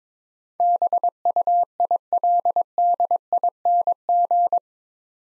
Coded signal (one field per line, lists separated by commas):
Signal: Morse code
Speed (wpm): 23 wpm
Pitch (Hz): 700 Hz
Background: none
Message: BUILDING